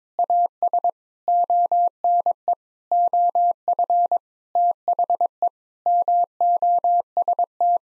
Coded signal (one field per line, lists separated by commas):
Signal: Morse code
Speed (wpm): 22 wpm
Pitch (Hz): 700 Hz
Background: none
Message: AS ONE OF THE MOST